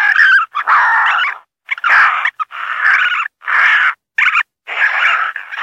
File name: Raccoon